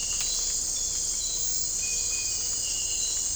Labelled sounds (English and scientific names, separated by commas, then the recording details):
none
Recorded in dense forest near Puerto Asís, Putumayo, Colombia, on 20 December 2024 at 02:00
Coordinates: 0.499, -76.324
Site G045